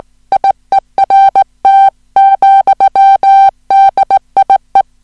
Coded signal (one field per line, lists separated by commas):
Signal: Morse code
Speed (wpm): 17 wpm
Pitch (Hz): 780 Hz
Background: music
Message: IERT, DIE